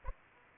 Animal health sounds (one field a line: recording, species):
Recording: mosquito wingbeat signal from an infrared sensor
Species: Aedes aegypti